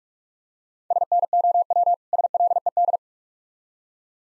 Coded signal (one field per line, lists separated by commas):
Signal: Morse code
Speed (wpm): 45 wpm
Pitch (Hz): 700 Hz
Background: none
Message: SNOW SLED